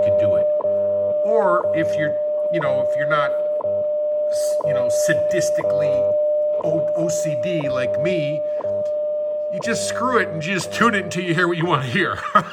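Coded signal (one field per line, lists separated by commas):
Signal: radio time signal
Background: speech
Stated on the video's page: Received on a Sony ICF-5900W.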